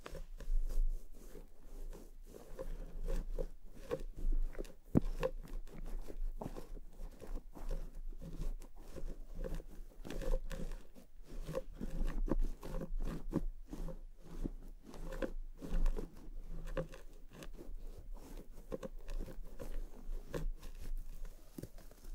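A scalp massage and hair brushing make a dense, crackly scratching that runs steadily for the whole clip. The quick, irregular crunches and rustles come in close succession with little pause, over a faint low hum, and one sharp tick stands out near five seconds.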